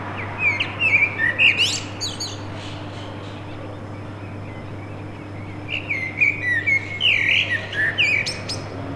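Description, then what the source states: Common blackbird: two fluty, warbling song phrases, each ending in thin, squeaky twitters, separated by a quiet gap with a low hum throughout. Singing to defend its territory; recorded from a balcony during the Covid-19 confinement.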